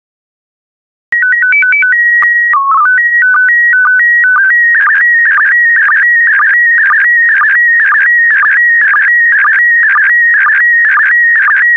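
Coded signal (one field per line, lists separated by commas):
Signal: SSTV (slow-scan television)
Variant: PD120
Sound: alternating calibration tones, a short warbling header, then steady rhythmic chirping scan lines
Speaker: The next image transmission will start in 10 seconds. Five, four, three, two, one. Thank you. Transmission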